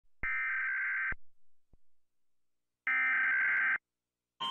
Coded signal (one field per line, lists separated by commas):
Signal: Emergency Alert System (SAME) tones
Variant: header bursts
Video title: Rating EAS Alarms